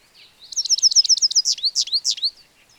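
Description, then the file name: European goldfinch giving a brief, rapid burst of many high, tinkling notes, steady at first, then turning into sliding, slightly buzzy chirps. "Carduelis carduelis"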